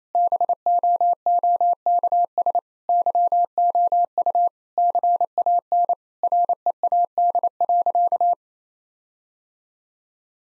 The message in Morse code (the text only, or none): BOOKS YOU CAN READ.